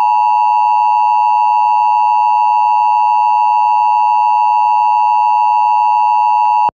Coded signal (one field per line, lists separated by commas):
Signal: Emergency Alert System (SAME) tones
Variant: 853 and 960 Hz attention tone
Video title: EAS Mock 18: Oops! Wrong button!